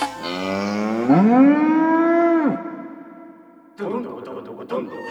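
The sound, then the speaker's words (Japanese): A single long cow moo, as the cow is being milked, rises in pitch and holds steady for over a second before cutting off, followed by a low sustained hum and then a burst of muffled voices talking. “自分のじゃなくて牛のおっぱいだから。”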